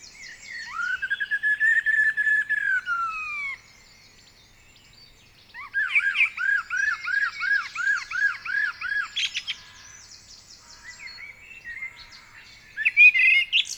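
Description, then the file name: Common blackbird song: a sustained fluty whistle, then a long series of looping, bouncing whistled notes, later high twitters and a final warble. "Turdus merula"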